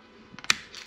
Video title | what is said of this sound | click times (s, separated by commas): SSP-91 Lone Eagle canon action pistol | have it in place you just unlock the breach | 0.5 s